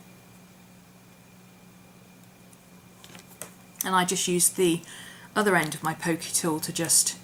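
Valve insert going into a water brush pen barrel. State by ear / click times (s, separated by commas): not seated / none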